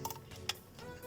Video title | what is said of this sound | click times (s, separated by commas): Ford mondeo mk4 2.2 tdci service other engines include Peugeot Citroën 2.2 hdi land rover engine | back onto there like so nice click nice click this for that noise | 0.5 s